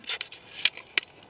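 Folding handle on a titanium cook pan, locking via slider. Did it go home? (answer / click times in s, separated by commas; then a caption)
yes / 1.0 s. The small folding handle of a titanium camp pan is swung over and locked with its little slider, with light scraping and short clicks as it moves. A sharp click at 1.0 s marks the handle locking in place, followed by a faint tick at the end.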